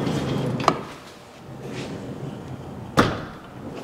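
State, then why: Not seated. The sliding door of a VW T4 van is pushed fully open into its open-position stop, with sharp knocks at about 0.7 s and 3.0 s. The door does not latch in the open position because the door stop (hold-open catch) is missing, so nothing has clicked into place.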